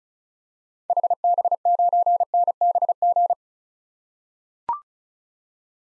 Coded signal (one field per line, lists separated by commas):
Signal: Morse code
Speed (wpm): 36 wpm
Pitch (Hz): 700 Hz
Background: none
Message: HB9NBG